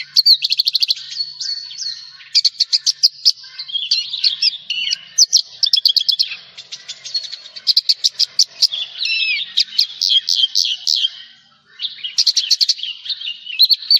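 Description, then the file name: Javan bush lark song of rapid repeated chip bursts and looping whistled slurs, almost continuous throughout. "suara burung branjangan jawa"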